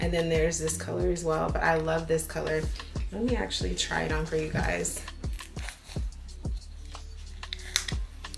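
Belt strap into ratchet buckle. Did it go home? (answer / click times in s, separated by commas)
no / none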